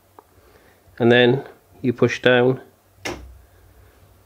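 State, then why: Seated. A Ryzen Threadripper 1920X CPU in its plastic carrier is slid into the rail frame of the socket on an MSI X399 SLI Plus motherboard and pushed down. Someone talks from about 1.0 to 2.6 s, after a faint tick at 0.2 s. A sharp click at 3.1 s marks the carrier seating in the socket frame.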